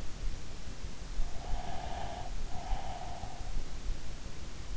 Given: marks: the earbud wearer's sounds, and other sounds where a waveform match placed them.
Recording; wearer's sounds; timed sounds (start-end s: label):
sounds in sleep by an in-ear microphone; breath
1.55-3.74 s: breath